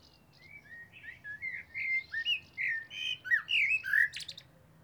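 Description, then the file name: Common blackbird singing a run of mellow whistled notes, ending in thin, high squeaky twittering. "Turdus merula"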